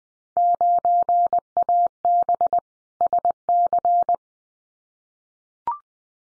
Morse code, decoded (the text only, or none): 9AB SC